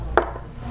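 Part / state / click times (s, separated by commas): collapsible lens from camera body lock / released / 0.2 s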